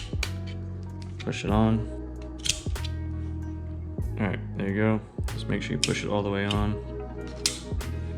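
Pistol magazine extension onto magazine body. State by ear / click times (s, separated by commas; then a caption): seated / 7.5 s. A Hyve Technologies magazine extension base is slid over the pushed-down spring of an M&P Shield pistol magazine and pressed fully onto the magazine body while someone talks over background music. Small handling clicks and taps come through before a sharp click at 7.5 s as the extension snaps into place and sits flush.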